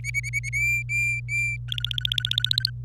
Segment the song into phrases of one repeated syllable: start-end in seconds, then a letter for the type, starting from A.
0.04-0.49 A, 0.53-1.56 B, 1.68-2.70 C